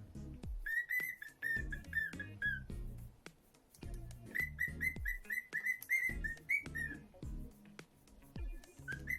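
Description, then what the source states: Cockatiel whistling bright notes in fast repeated runs, about four a second, breaking off then resuming, with heavy low thuds and rumble behind. Lutino colour variety.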